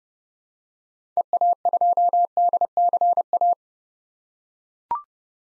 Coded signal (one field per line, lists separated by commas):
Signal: Morse code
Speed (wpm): 32 wpm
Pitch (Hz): 700 Hz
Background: none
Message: EA2DCA